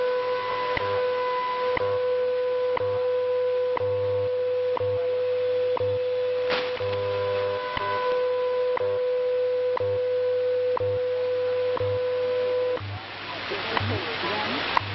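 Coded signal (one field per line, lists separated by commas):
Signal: radio time signal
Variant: WWV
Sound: steady 500 Hz hum with sharp clicks once per second, then static and faint interference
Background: radio static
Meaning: Each tick marks one second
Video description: This really was a jumble of a bunch of time stations and you can hear them interfering with each other when WWV goes quiet.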